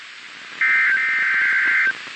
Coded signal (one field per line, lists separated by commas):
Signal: Emergency Alert System (SAME) tones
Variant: end-of-message bursts